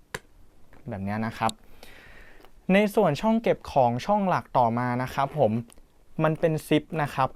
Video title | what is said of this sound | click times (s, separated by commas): LV Double Phone แฝดคนละฝา ทำไมต้องมีทั้ง 2 ใบ!!! | ปิดโลมาเนี่ยก็อาจจะต้องระมัดระวังว่ามันจะเป็นรอยมันจะมีเสียงแก๊กอย่างงั้นนะครับผมแบบ | 0.2 s